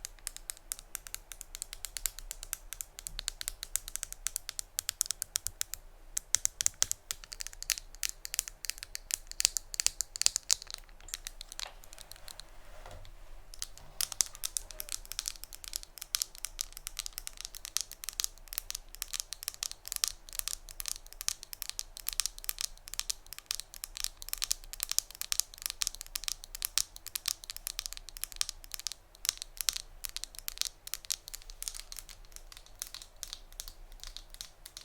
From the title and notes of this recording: ASMR Tapping (No Talking).